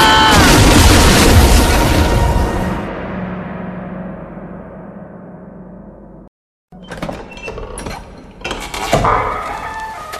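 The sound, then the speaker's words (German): A loud, heavy crash of a burning wooden hut's collapsing beams rumbles and slowly fades, then after a brief silence a new burst of clattering, cracking debris tumbles down in uneven bursts as beams burst in the flames. “Die Hütte bricht bald auseinander! Aber wir werden verbrennen!”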